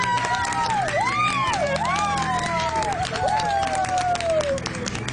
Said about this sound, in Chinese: 再次俾掌声佢哋。